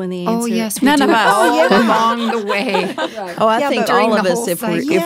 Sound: laughter